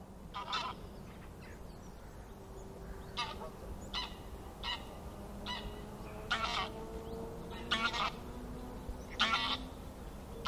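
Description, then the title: Goose: harsh honking calls in several loose bursts spread throughout, over a low steady hum. Gaggles of geese in fields and flooded meadows by the River Thame, England, UK, morning of 23 September 2023, excited by the amount of water across the meadows. "Gaggles of geese, River Thame, England, UK on 23rd September 2023"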